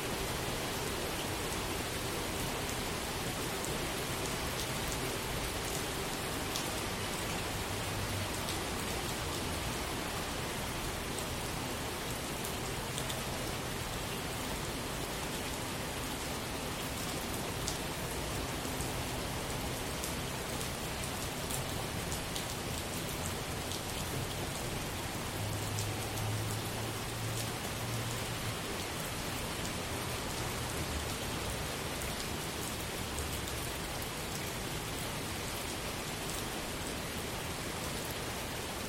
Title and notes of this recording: Overcast Weather in the Backyard. Rainfall in the backyard